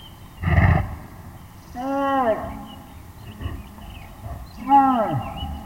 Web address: Wildlife Sounds. Black Bear